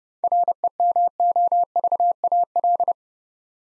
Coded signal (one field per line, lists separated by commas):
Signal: Morse code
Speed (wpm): 28 wpm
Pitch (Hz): 700 Hz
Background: none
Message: REMOVAL